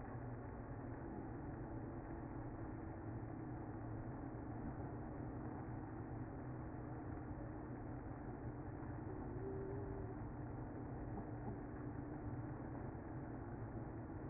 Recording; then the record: honeybee colony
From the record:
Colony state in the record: active